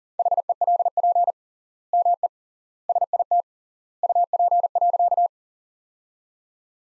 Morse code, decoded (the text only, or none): HELP ME SIT UP.